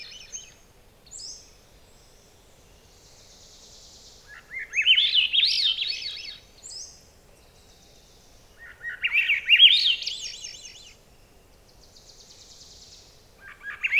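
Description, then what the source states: Swainson's thrush singing upward-spiraling flute-like phrases, two full songs about four seconds apart and a third beginning at the end, with faint high thin notes between. Subspecies ustulatus.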